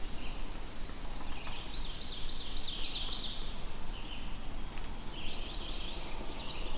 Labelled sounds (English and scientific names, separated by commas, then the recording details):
Ovenbird (Seiurus aurocapilla) song
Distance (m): 60 m
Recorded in boreal forest in Alberta, Canada, on 21 June 2016 at 05:35
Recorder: SongMeter 3, array SBT-6-76
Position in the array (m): 281 m, 100 m
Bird 1